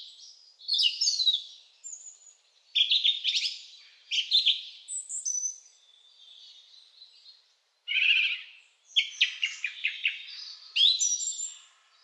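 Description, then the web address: Bird song full of chattering, trilled phrases with quick whistles, delivered in uneven bursts with brief pauses. Quiet birdsong meant as background sound for video editing. "zvuk s tiha pesen na ptici za fon montaz"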